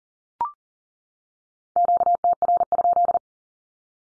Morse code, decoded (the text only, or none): QTR?